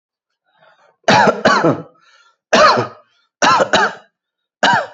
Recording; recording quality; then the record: heavy voluntary cough; excellent, no background noise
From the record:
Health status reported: exposed to COVID-19, no respiratory illness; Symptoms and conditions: none ticked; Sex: male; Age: 48 years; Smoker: not ticked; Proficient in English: yes